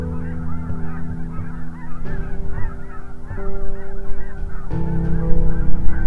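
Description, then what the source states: Massed goose honks, quick overlapping yelps pouring from a big flock, with steady low humming tones and rumble beneath. Large flock of white birds on the lake at Goose Lake, Saskatchewan, Canada, first mistaken for reflections; snow goose and Canada goose among animals encountered.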